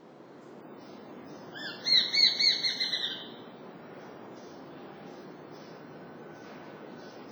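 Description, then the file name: Japanese sparrowhawk calling: one rapid burst of about seven sharp, harsh 'kyi' notes over roughly a second and a half, fading, then quiet with a soft hiss of background. Recorded in Utsunomiya on 17 March 2009. "tsumi 090317 utsunomiya hirano"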